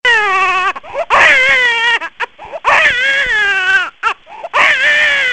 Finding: Baby Cry.